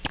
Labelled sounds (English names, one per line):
Yellow-rumped Warbler flight call